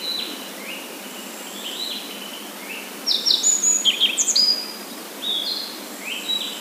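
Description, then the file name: Yellow bunting singing a brisk phrase of high whistled and chirping notes midway, with quieter high notes before and after. "nojiko"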